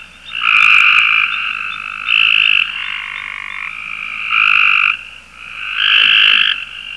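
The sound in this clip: Cope's gray treefrog chorus, raspy fast-pulsed trills repeating every second or two, louder bursts alternating with softer overlapping callers.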